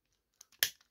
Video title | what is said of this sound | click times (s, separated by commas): WolfKang1 Reviews 71 - MP Trailbreaker | this forwards until you hear it click. Okay. | 0.6 s